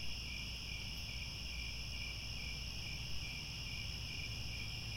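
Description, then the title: Many crickets forming a continuous high, shimmering trill across several pitch bands over a steady low rumble. Cricket chorus recorded at twilight, as the sun sets. "Crickets Chirping at Twilight"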